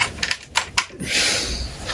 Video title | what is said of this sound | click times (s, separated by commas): ARRAN REVIEWS MEMORIAL EDITION GOKAI CELLUAR WITH ADD ON PIECE ORIONS MORPHER FROM MEGA/SUPERFORCE | and then it will click in. Then you obviously press the | 0.8 s